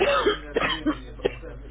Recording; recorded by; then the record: voluntary cough; telephone call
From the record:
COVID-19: positive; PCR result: checked with the laboratory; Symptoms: yes